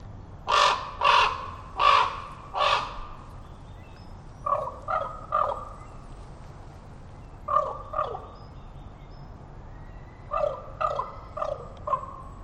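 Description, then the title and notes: Common Raven giving a run of four harsh, loud croaks, then spaced groups of two to four quieter croaks. Raven calling from trees in forest at Totem Park, moving between trees; about 9:30am, overcast with light rain, breezy from southeast; falling tide. "Totem Park Wildlife. A raven calling in the forest reminded me of a time I was walking through the park with visiting Australians"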